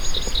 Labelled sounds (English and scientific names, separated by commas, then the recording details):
Yellowhammer (Emberiza citrinella) song
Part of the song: start
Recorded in the Czech Republic on 12 May 2013
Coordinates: 50.469, 13.896
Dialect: BC
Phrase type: D3
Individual 291628